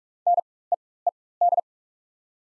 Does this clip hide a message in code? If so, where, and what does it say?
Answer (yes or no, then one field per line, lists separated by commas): yes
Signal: Morse code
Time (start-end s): 0.3-1.6 s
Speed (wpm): 44 wpm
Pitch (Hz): 700 Hz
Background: none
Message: NEED